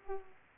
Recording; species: mosquito wingbeat signal from an infrared sensor; Aedes aegypti